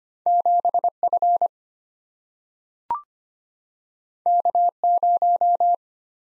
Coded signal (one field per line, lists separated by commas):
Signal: Morse code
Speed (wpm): 25 wpm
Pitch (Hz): 700 Hz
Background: none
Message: 7F K0